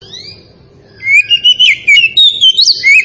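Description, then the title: Oriental magpie-robin song: a faint slurred whistle, then a loud run of warbled whistled notes rising and falling. Tretes variety, in full song. "Kacer Tretes"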